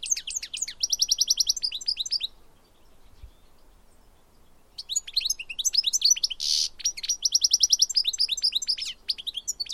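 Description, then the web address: Bird delivers high twittering song with fast trilled passages, stops for about two seconds, then resumes with chirps, trills and one buzzy burst. "Deverinetal"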